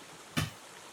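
A single short splash, as someone stumbles and falls into water, rises out of a steady low wash of running water that trickles on quietly afterward. No voices.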